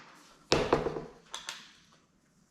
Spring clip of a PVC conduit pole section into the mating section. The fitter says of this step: oh that's got it right let's get a click in there